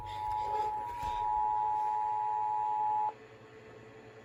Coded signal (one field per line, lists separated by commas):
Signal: Emergency Alert System (SAME) tones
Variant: 853 and 960 Hz attention tone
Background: speech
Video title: EVACUATION IMMEDIATE (EAS #98)